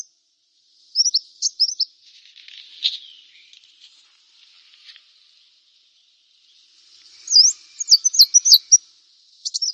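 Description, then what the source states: Brown-throated Sunbird giving high, thin chips and short twisting notes. A brief burst comes early, then near silence, then a livelier chattering burst near the end. Indonesian name Kolibri Kelapa; described as gacor, meaning singing vigorously.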